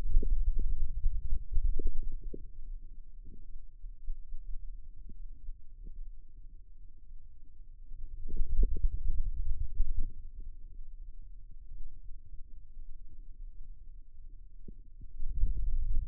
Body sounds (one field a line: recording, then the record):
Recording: forearm muscle sounds (acoustic myography)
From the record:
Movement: ulnar deviation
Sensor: system 2, bracelet of six BSWA MPA416 microphones around the upper forearm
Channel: 4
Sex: male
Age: 22 years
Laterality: right